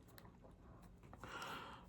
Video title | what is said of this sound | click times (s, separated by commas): Marvel Legends Review Of “Spider-Man: Brand New Day-Hulk” | and just push it down until it clicks into place. | 1.2 s